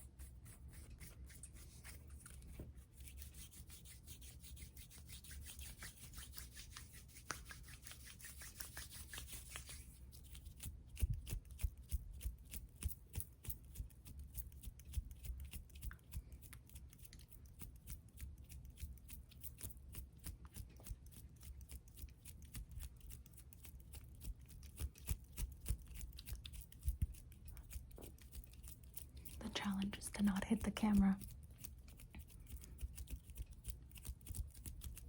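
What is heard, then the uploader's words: Hands rub and fiddle, making a dense, uneven run of soft scraping and quick ticking clicks. A hiss runs through the first ten seconds, then sharper clicks take over, with a brief louder rasping burst near thirty seconds. Chaotic & random hand sounds.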